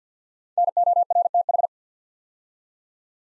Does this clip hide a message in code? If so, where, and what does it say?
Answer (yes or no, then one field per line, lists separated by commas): yes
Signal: Morse code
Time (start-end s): 0.6-1.7 s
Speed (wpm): 51 wpm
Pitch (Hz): 700 Hz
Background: none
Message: NORTH